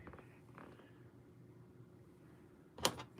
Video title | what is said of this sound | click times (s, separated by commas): 🔴Willy’s Jeep IRL - SAS, MB SMKR Studio is live! | should snap right in. Just like that. | 2.8 s